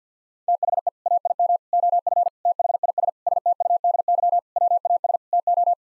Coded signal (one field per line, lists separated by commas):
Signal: Morse code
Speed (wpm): 50 wpm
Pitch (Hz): 700 Hz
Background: none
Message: THE AIM OF THIS STUDY WAS TO